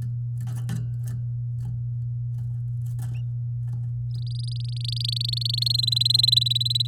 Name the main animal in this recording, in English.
Domestic Canary